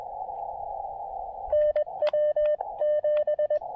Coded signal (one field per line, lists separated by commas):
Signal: Morse code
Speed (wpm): 20 wpm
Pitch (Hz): 600 Hz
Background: radio noise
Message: NW7